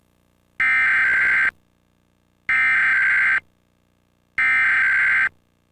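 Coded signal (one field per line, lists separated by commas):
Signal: Emergency Alert System (SAME) tones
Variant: header bursts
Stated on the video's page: Required Monthly Test received on a Comcast cable system in Maryland via a Scientific Atlanta cable box, including a duplicate activation from a DASDEC-II encoder.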